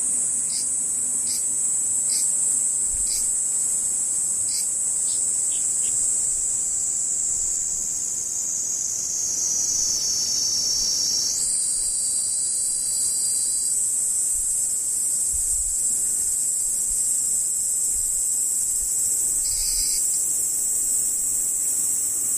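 Cicadas drone in a steady, bright, dense buzz throughout, with rhythmic pulsing early on and a brief pitch shift near the middle.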